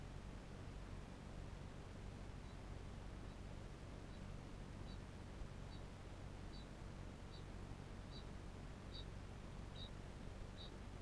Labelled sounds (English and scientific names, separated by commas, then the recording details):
Kākāpō (Strigops habroptilus) ching call
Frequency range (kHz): Kākāpō (Strigops habroptilus) 2.6-7.1 kHz
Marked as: faintness 5/5, faintness 4/5
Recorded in New Zealand
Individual Barnard